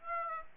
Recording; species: mosquito wingbeat signal from an infrared sensor; Aedes aegypti